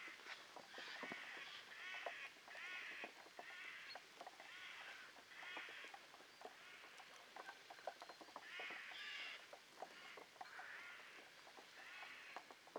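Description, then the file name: Eurasian jay harsh calls: several rasping, screechy bursts mixed with clicking sounds. "Garrulus glandarius"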